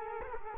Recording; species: mosquito wingbeat signal from an infrared sensor; Culex quinquefasciatus